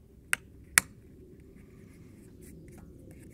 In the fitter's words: onto the arm and it will click into place over the nozzle holes and